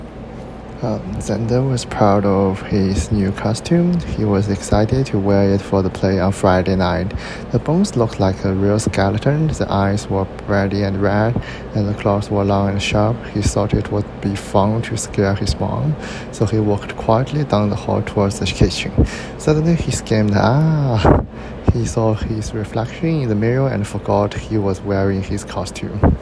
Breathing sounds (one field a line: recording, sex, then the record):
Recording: reading aloud after running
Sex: male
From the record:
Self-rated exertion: very light exertion (1 of 6)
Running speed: 5 miles an hour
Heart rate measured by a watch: 91 beats a minute at the start, 101 at the end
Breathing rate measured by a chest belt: 18 breaths a minute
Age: 23 years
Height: 172 cm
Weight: 73 kg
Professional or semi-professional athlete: no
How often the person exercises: 3 to 5 times a week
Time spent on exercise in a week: over 5 hours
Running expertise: yes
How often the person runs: 3 to 5 times a week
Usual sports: running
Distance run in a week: 40 km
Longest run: 20 km